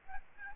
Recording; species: mosquito wingbeat signal from an infrared sensor; Aedes aegypti